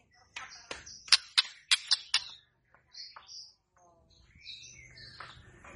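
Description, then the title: White-rumped shama song: a burst of sharp clicking notes, then short high whistles and an arching whistled phrase over a faint low hum. Lure (pancingan) for stressed, stalled (macet) white-rumped shamas. "PANCINGAN Murai Batu STRES & MACET"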